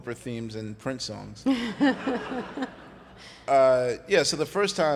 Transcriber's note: laughter